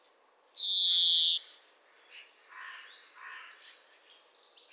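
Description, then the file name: European greenfinch producing one loud, level, nasal wheeze lasting under a second, followed by softer scratchy buzzes and twitters. "Chloris chloris"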